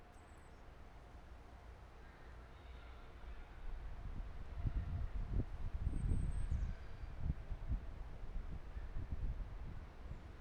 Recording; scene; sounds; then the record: everyday scene through a hearing-aid microphone; wind on the microphone; squally wind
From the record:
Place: parking lot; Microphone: behind the ear, right, rear